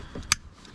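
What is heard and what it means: A plastic trim clip is pressed into a car interior panel during a tweeter install. It snaps sharply into place at 0.3 s with a bright, broadband click, and it is seated. A softer low thump follows near the end.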